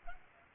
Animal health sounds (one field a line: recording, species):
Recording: mosquito wingbeat signal from an infrared sensor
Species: Culex pipiens